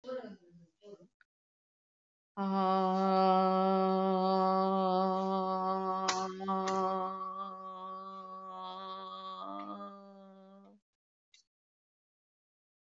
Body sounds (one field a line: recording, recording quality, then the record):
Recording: sustained vowel as in made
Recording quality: excellent, no background noise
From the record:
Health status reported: COVID-19 positive, mild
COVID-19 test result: positive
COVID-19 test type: RT-PCR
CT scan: not taken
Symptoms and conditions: cold, sore throat, fever, muscle pain, hypertension, diabetes, another condition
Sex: female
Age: 52 years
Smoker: no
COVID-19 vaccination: both doses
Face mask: not worn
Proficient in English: yes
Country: India